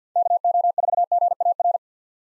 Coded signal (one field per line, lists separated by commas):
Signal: Morse code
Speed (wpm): 50 wpm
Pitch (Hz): 700 Hz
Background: none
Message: KO4GAR